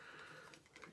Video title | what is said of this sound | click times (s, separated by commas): IMAGE Comics Wildcats by Playmates Unboxing & Review! Part 3! Pike, Helspont, Daemonite! | pops right in there and there it is got a little green stand i love that they come with stands | 0.8 s